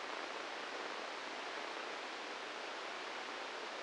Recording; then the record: brain microelectrode recording played as sound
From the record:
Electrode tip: inside the subthalamic nucleus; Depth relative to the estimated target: 1 mm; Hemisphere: right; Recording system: NeuroSet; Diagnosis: Parkinson's disease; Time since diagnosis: 15 years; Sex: female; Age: 59 years